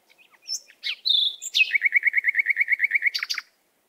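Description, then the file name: Canary song: a few varied chirps, then a fast run of many identical notes at an even pace, ending in a sharp sweeping flourish. "Canary Voice"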